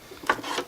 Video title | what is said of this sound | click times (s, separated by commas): ArcCaptain MIG 145 Pro , Unboxing, Setup, First Use, Review | and then you turn it, and it locks in place. | 0.3 s